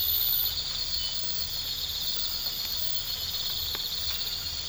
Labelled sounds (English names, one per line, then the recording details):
none
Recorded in pastures near Puerto Asís, Putumayo, Colombia, on 8 March 2025 at 04:30
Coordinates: 0.472, -76.329
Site G074